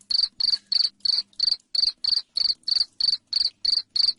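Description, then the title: Cricket chirping steadily, loud shrill pulses about three per second without a break, with a faint low hum in the background. Loud cricket chirping (jangkrik ngerik) played to make lovebirds sing continuously (ngekek). "Suara JANGKRIK NGERIK Keras Bikin LOVEBIRD Jadi NGEKEK Terus"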